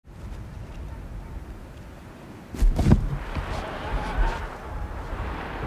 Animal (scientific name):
Vulpes lagopus